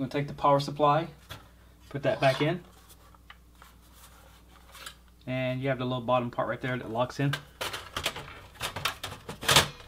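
A power supply unit is handled and pushed back into a small-form-factor desktop PC case (780 SFF), with the small bottom part fitted in, while someone talks. Soft taps and knocks are heard, with a few sharper hits near the end. Nothing has seated or clicked yet; the clip ends just before the power supply snaps into place.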